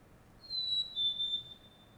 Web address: Nature in the City AMB SUBURB Solo Bird Call, Early Morning, Distant Traffic Passbys, Montreal, Canada